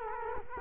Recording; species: mosquito wingbeat signal from an infrared sensor; Culex quinquefasciatus